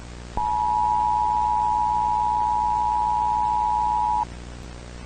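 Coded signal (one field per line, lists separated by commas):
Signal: Emergency Alert System (SAME) tones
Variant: 853 and 960 Hz attention tone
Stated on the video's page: Fictional EAS scenario warning broadcast made as a school project film.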